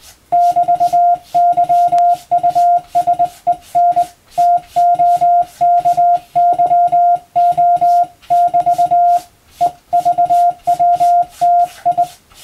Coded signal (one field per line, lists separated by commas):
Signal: Morse code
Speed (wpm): 20 wpm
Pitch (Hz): 700 Hz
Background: none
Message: <BT>YUSEN TOKYO<BT> EVWTI